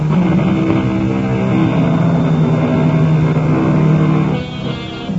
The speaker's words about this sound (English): The helicopter hovers over the nightmare landscape. It is an eerie, ghostly country of jagged and rocky hills, deep and narrow ravines, completely devoid of any softening traces of vegetation.